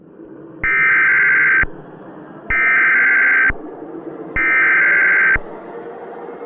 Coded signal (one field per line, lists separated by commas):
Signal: Emergency Alert System (SAME) tones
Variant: header bursts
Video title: EAS Re-creation | Classic DFW Activity (3/26/2017)